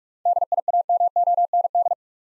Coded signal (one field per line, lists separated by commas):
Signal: Morse code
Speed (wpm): 44 wpm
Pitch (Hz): 700 Hz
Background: none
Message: DIAMOND